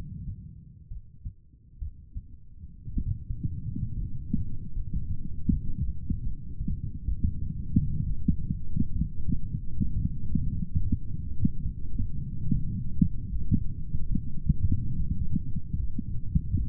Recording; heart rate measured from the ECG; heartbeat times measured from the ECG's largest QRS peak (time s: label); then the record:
heart sounds by stethoscope; 69 bpm
0.89 s: heartbeat
1.79 s: heartbeat
2.94 s: heartbeat
3.94 s: heartbeat
4.73 s: heartbeat
5.50 s: heartbeat
6.24 s: heartbeat
7.05 s: heartbeat
8.04 s: heartbeat
8.93 s: heartbeat
9.94 s: heartbeat
10.79 s: heartbeat
11.63 s: heartbeat
12.50 s: heartbeat
13.30 s: heartbeat
14.10 s: heartbeat
14.97 s: heartbeat
15.77 s: heartbeat
16.58 s: heartbeat
From the record:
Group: healthy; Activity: rest 0-3 s, light exercise 3-17 s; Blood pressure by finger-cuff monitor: 97/62 mmHg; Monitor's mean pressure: 73 mmHg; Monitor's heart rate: 67 bpm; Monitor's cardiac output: 5.2 L/min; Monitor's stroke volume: 78 mL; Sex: female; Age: 36 years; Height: 163 cm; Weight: 88 kg